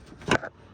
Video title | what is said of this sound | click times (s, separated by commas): 1.5 JZ legacy project update / front end install | you'll hear that clicked we got the click all right subframe is kind of in its spot | 0.3 s